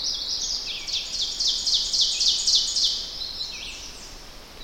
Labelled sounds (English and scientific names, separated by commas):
Ovenbird (Seiurus aurocapilla) song